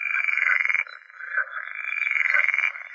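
Pool frog calling with loud, rattling croaks in two long bursts, the first lasting nearly a second, a quieter rasping stretch between, then a second extended burst.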